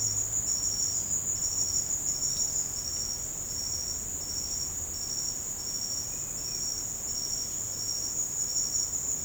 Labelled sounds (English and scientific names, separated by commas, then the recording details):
none
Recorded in secondary vegetation near Puerto Asís, Putumayo, Colombia, on 13 March 2025 at 16:30
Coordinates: 0.485, -76.322
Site G040